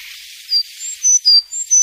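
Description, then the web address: Sakhalin leaf warbler giving high, clear whistled notes, a repeated three-note phrase with the middle note highest, over low steady hiss. "sikioto. ezomushikui"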